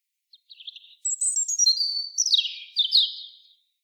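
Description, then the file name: European robin singing a high, thin phrase: a few soft notes, then sharp descending trills and silvery warbled notes, all very high-pitched, with no other sounds. "Erithacus rubecula"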